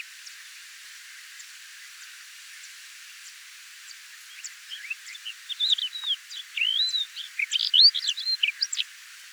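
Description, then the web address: Crested lark giving varied sweet whistled notes and short slurred phrases that begin after about four quiet seconds and grow busier toward the end, with faint background hiss. "galerida cristata call"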